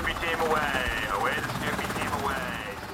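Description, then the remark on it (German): A naval helicopter squadron's military helicopter spins up for takeoff aboard the lead ship of a naval exercise, its rotor and turbine giving a loud, steady roar with whining tones that repeatedly sweep down and back up, while a voice talks over the noise. “dem Führungsschiff von Belltops 23, machen sich die Ghost Riders, die Crew des Hubschrauberseekampfgeschwaders 28, zum Start bereit.”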